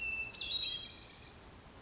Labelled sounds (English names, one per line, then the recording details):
Hermit Thrush
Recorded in Sonoma County, California